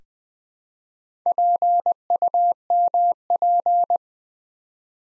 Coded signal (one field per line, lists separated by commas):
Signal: Morse code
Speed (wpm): 20 wpm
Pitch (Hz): 700 Hz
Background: none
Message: PUMP